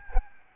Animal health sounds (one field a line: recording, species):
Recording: mosquito wingbeat signal from an infrared sensor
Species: Aedes albopictus